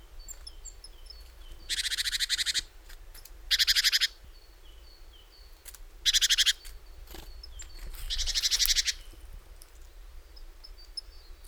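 Great tit scolding with four rasping, rapidly pulsed churrs of about half a second to a second each, at irregular intervals, with faint high chirps between.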